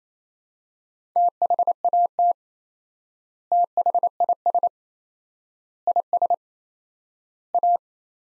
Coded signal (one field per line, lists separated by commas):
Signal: Morse code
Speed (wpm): 28 wpm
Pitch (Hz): 700 Hz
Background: none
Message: THAT THIS IS A